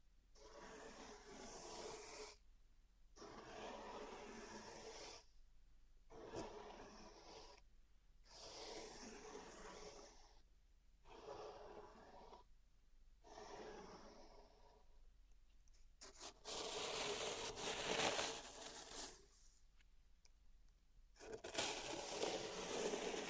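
Pink salt is raked and rubbed through a zen garden in bursts of gritty, crisp scraping, each lasting a couple of seconds with brief silences between. The strokes come at a fairly regular pace, and a longer, denser stretch of grinding rustle runs near the end.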